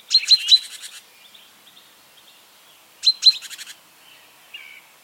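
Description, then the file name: Great tit giving two bursts of high ticking notes running into a harsh churr, about three seconds apart, with faint soft notes between. "Parus major"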